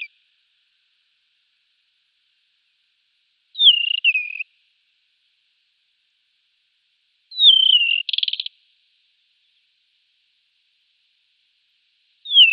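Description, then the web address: Desert wheatear song phrases about every four seconds, each a descending whistle with a buzzy end; one phrase is followed by a brief harsh rattle. "Schulze Peter Desert Wheatear song"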